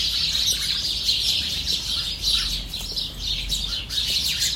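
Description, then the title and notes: Starlings chattering, a dense high babble with a few sharper squeals standing out. Flock in a shrub bed at 9 Rue Pascal Tavernier, Saint-Étienne, France; recorded on an iPhone SE, normalised in Audacity. "9 Rue Pascal Tavernier, 42000 Saint-Étienne, France - starling & cat. étourneaux (starling) dans un massif puis arrivée d'un chat"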